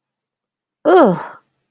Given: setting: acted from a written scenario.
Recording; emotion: vocal sound without words; disgust